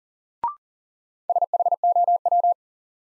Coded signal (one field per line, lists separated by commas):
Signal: Morse code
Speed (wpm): 40 wpm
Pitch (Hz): 700 Hz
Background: none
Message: SHOW